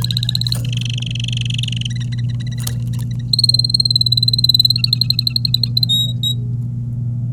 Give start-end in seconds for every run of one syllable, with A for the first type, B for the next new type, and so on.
0.04-0.56 A, 0.65-1.87 B, 4.76-5.68 A, 5.89-6.33 C